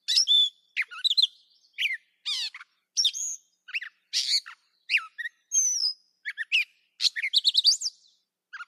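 Catbird singing a rapid mix of squeaky chirps, buzzy rattles and clear whistled slurs, phrases changing constantly with brief gaps.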